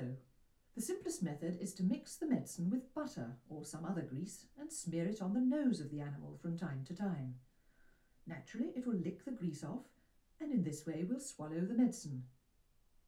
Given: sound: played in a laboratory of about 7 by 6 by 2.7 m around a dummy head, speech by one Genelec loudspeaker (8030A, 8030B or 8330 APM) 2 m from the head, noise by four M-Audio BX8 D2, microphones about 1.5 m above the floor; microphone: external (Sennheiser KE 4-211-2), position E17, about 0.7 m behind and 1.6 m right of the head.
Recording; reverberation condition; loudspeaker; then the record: female speech in English; low; in front (0 degrees)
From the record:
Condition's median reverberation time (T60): about 310 ms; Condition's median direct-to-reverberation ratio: about 3.5 dB